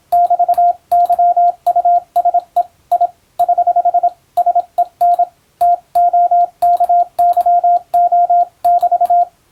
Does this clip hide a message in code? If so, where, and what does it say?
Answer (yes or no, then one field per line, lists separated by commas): yes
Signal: Morse code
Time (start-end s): 0.1-9.2 s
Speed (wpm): 27 wpm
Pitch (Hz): 700 Hz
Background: radio noise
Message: <BT> YUSEI <HH> SEN TOKYO <BT>